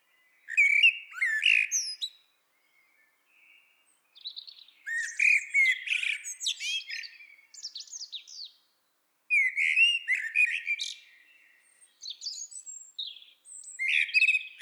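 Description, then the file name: Common blackbird song: several phrases of low, mellow fluted notes mixed with squeaky high twitters, separated by pauses. "Turdus merula"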